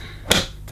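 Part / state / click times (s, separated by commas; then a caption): exhaust filter into vacuum cleaner housing / seated / 0.3 s. A new, stiff, non-washable exhaust filter is pushed into its housing in the body of a Sebo K1 Pastel Mint vacuum cleaner, stiff because it is brand new. A sharp click at 0.3 s marks the filter seating in place, followed by a fainter tap at about 0.7 s.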